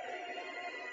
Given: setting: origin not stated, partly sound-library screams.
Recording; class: one-second piece from a danger detection set; woman in danger